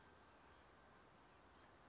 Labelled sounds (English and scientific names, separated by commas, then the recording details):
California Towhee (Melozone crissalis)
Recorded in Sonoma County, California